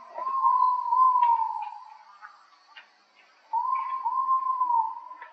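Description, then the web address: Ivory-breasted pitta giving a sustained, smooth whistle of about two seconds, then a second similar whistle after a short gap, with faint ticking sounds in the background. Recorded in Indonesia. "ULM-DS-Lab indonesian-bird-sounds. Pitta maxima"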